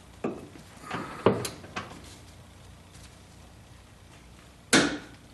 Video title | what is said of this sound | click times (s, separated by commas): 76 Corvette RestoMod Pt 183 Torquing the Body Mounts | there's the click for 50 foot pounds | 4.7 s